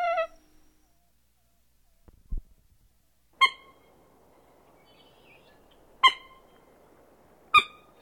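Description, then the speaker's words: Common Moorhen giving a brief nasal note, then a soft knock and a few isolated sharp keck notes over faint background hiss. Nasal, high-pitched cackle, almost inquisitive in tone, given from a usually concealed position; sharper and higher pitched than the American coot's, with several sharp keck-keck-kecks. "From a usually concealed position, the common moorhen utters a nasal, high-pitched cackle that sounds almost inquisitive in tone."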